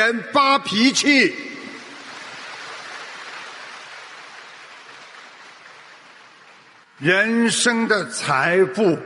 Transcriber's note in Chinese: 掌声